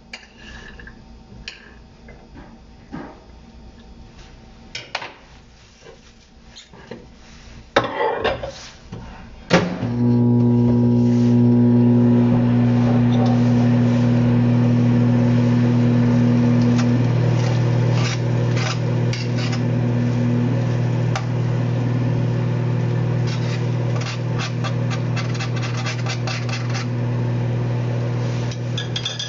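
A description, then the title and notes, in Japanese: Vegetables are cut for curry with irregular knife taps on a board, then a loud steady hum starts near ten seconds and continues throughout. 野菜を切る。カレーを作っている途中で野菜を切っている音。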